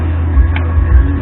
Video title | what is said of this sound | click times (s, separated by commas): How to change oil Yamaha R6 | two clicks always double check your work boys okay | 0.6 s